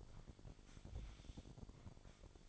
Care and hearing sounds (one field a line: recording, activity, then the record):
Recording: daily activity, microphone in the room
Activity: sweep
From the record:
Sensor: 5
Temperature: 26.3 degrees Celsius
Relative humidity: 38.1%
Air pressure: 1007.1 hPa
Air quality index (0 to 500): 179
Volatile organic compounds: 5 ppm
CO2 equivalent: 1708 ppm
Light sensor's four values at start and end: 56/159/62/62 and 56/160/62/62